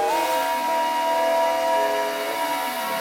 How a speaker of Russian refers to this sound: Паровоз подъезжает к перрону, распускает пары и сигналит о прибытии.